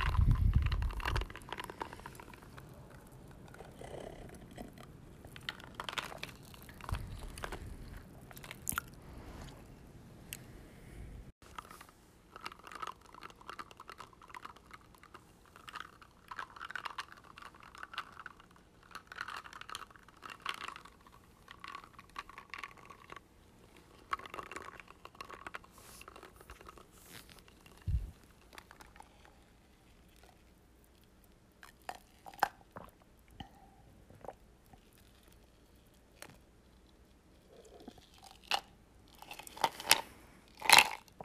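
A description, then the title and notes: Diet Coke fizzes with scattered crackling pops and clicks, after a heavy low rumble of handling during the first eleven seconds. ASMR Diet Coke (sipping, and fizzing).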